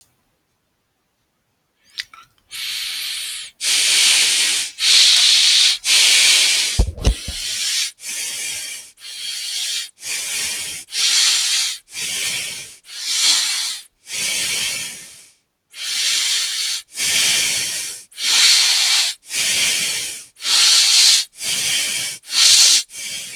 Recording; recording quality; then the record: shallow breathing; moderate, slight background noise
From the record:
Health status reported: healthy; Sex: male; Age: 36 years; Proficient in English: yes